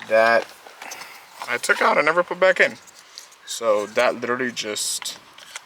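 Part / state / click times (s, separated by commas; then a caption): plastic cap into steering column clock spring housing / not seated / none. A small plastic cap is handled near the steering column clock spring housing during a 5th-gen Ram clock spring replacement, while someone talks. Faint rattling and light handling ticks are heard toward the end, but the cap has not yet seated or clicked into place.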